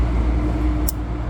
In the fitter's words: it'll lock it in place now that's not going to come out